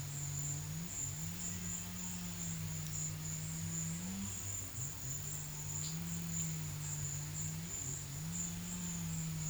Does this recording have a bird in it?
no